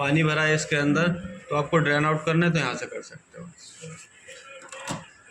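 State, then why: Seated. The plastic drain filter access cover on the front panel of an LG 8 kg front-load washing machine, model FHB1208Z4M, is pressed shut after the bottom drain filter has been shown for draining out water. Someone talks for the first three seconds, then after a quieter stretch a short, sharp snap is heard at 4.7 s. The cover locks into place.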